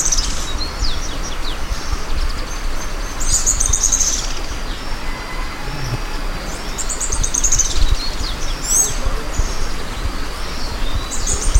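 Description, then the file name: Bird uttering repeated brief clusters of high, sharp chirps scattered through the recording, set against loud continuous low-pitched rumbling. "SABIOD 50 bird 2015"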